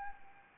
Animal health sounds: mosquito wingbeat signal from an infrared sensor; Anopheles arabiensis

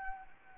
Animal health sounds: mosquito wingbeat signal from an infrared sensor; Anopheles arabiensis

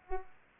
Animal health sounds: mosquito wingbeat signal from an infrared sensor; Culex pipiens

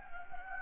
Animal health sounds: mosquito wingbeat signal from an infrared sensor; Anopheles gambiae

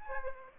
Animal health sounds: mosquito wingbeat signal from an infrared sensor; Aedes aegypti

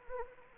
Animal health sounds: mosquito wingbeat signal from an infrared sensor; Anopheles arabiensis

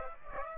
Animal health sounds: mosquito wingbeat signal from an infrared sensor; Aedes aegypti

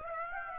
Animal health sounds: mosquito wingbeat signal from an infrared sensor; Aedes aegypti

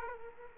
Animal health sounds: mosquito wingbeat signal from an infrared sensor; Aedes aegypti

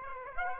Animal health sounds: mosquito wingbeat signal from an infrared sensor; Aedes aegypti

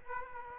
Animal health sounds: mosquito wingbeat signal from an infrared sensor; Aedes aegypti

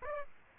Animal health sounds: mosquito wingbeat signal from an infrared sensor; Aedes aegypti

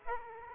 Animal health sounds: mosquito wingbeat signal from an infrared sensor; Aedes aegypti

